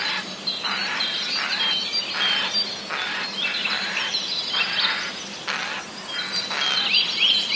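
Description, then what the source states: Eurasian jay giving a rapid, uneven series of scratchy alarm bursts, while faint high whistles from other birds run through the background. Recorded 29 March 2015; a jay's warning call.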